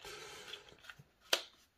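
A rechargeable USB lithium battery pack is reinserted into a small Ryobi cordless screwdriver after first being tried the wrong way round. Two quieter contact sounds come at about 0.7 and 0.9 seconds, then a loud, sharp click at 1.3 seconds as the pack locks home and is seated.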